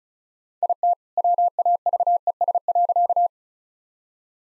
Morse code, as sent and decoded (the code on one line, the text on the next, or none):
.. - / .-- .- ...- . ... .-.-.-
IT WAVES.